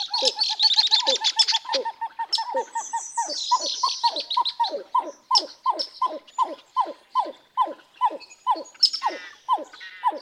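Pied-billed grebe song: a long, steady series of hollow, downward-sliding notes, with high, fast twittering at the start.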